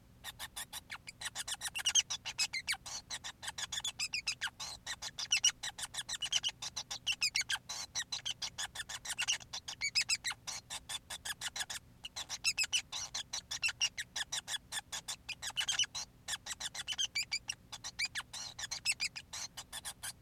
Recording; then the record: song of a male Bengalese finch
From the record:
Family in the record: son of father 5